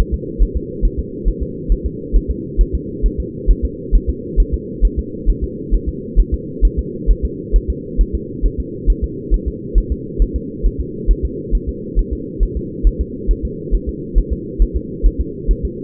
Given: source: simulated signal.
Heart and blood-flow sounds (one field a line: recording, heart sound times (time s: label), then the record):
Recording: fetal heart sounds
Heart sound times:
0.14 s: S2
0.42 s: S1
0.57 s: S2
0.85 s: S1
0.99 s: S2
1.28 s: S1
1.43 s: S2
1.72 s: S1
1.86 s: S2
2.16 s: S1
2.30 s: S2
2.61 s: S1
2.75 s: S2
3.06 s: S1
3.20 s: S2
3.50 s: S1
3.65 s: S2
3.95 s: S1
4.09 s: S2
4.40 s: S1
4.54 s: S2
4.85 s: S1
4.99 s: S2
5.30 s: S1
5.44 s: S2
5.74 s: S1
5.89 s: S2
6.20 s: S1
6.34 s: S2
6.65 s: S1
6.79 s: S2
7.11 s: S1
7.25 s: S2
7.56 s: S1
7.70 s: S2
8.01 s: S1
8.15 s: S2
8.46 s: S1
8.60 s: S2
8.90 s: S1
9.04 s: S2
9.34 s: S1
9.48 s: S2
9.78 s: S1
9.92 s: S2
10.22 s: S1
10.36 s: S2
10.66 s: S1
10.81 s: S2
11.11 s: S1
11.25 s: S2
11.55 s: S1
11.69 s: S2
11.99 s: S1
12.13 s: S2
12.43 s: S1
12.57 s: S2
12.87 s: S1
13.01 s: S2
13.31 s: S1
13.45 s: S2
13.75 s: S1
13.89 s: S2
14.18 s: S1
14.33 s: S2
14.62 s: S1
14.76 s: S2
15.06 s: S1
15.21 s: S2
15.51 s: S1
15.65 s: S2
From the record:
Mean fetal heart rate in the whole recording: 135 bpm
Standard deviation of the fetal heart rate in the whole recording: 3 bpm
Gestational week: 36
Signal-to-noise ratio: -4.1 dB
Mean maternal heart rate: no maternal heart sound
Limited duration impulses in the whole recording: absent